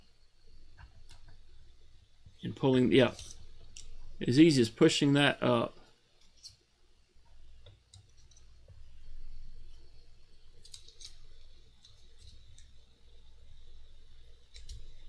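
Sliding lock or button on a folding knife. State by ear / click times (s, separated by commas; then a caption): not seated / none. A sliding lock or button on a folding knife is pushed up and pulled, with small light clicks and handling noises between stretches of someone talking. The part has not snapped back into place yet, and nothing has seated by the end of the clip.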